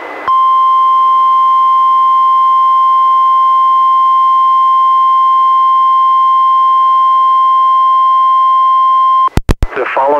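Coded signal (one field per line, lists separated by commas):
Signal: Emergency Alert System (SAME) tones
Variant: 1050 Hz attention tone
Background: speech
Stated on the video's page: NOAA Weather Radio relay of Special Marine Warnings and a Tornado Warning, recorded directly from a Reecom R-1630 weather radio through a Zoom H1, including its warning alarm tone.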